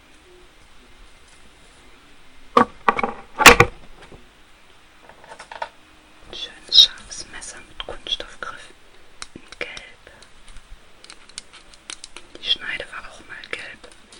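Dishes and cutlery clatter, with scattered tapping sounds. Sharp knocks and clinks come in bursts, loudest around the third and fourth seconds, then lighter metallic jingles and taps continue irregularly to the end against a quiet background.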